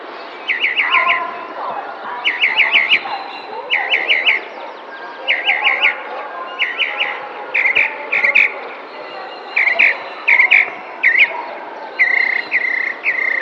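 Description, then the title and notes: Tropical mockingbird singing steadily: crisp repeated chirping phrases delivered in quick succession every second or so, varying slightly in tone, over low steady background noise. Singing in spring, May 2021, in a neighbourhood park in San Cristóbal de Las Casas, Chiapas. "Cenzontle tropical que canta en primavera mientras alguien que hace ejercicio pasa a lo lejos en el parque de una colonia en San Cristóbal de Las Casas, Chiapas. Mayo 2021"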